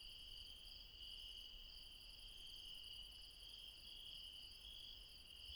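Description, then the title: Insects in a constant high trilling chorus, one upper band pulsing on and off over the steady shrill tone. Late night, mountains, Refuge Krevatia, Barbala, Dion, Greece. "Refuge Krevatia, Μπαρμπαλά, Dion 601 00, Greece - Late night mountain insects"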